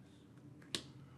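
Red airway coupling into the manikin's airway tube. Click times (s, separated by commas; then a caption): 0.8 s. A red airway coupling is pushed onto the plastic airway tube of a training manikin. A single sharp, bright snap rings out at 0.8 s over a quiet background as the coupling clicks into place, seated.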